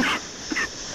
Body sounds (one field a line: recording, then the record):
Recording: coughing mixed with background sound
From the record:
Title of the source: 31 night wet cough